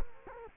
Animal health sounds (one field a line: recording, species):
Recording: mosquito wingbeat signal from an infrared sensor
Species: Culex quinquefasciatus